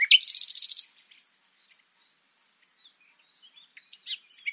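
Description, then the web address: Common nightingale song beginning with a rapid buzzy run of repeated notes, followed by quiet and scattered faint high notes. "SETE Luscinia megarhynchos"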